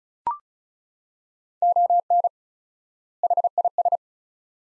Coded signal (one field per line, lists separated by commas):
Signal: Morse code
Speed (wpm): 36 wpm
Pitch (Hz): 700 Hz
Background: none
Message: ON HIS